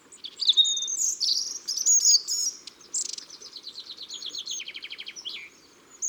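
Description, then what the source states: Long-tailed tit calls: high thin slurred notes, then a steady run of rapid dry ticking notes that ends in a short downward slur. Recorded in Ardèche.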